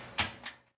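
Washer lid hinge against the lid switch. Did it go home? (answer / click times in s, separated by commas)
yes / 0.2 s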